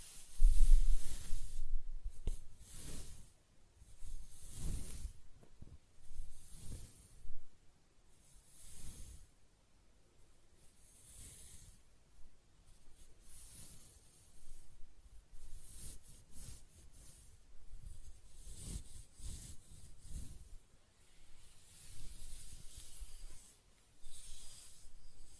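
Close-up hair sounds: soft scratching and brushing strokes come in irregular bursts every second or two, each a dry, hissy rustle with a faint low thump. Quiet gaps separate the strokes, and the texture stays crisp and bright throughout.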